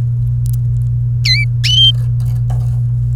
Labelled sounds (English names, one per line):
Domestic Canary song